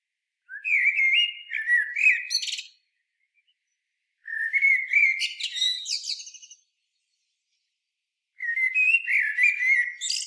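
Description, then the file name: Common blackbird song: three separate phrases, about four seconds apart, each a rich whistled warble, the first two ending in thin, high twittering. "Turdus merula"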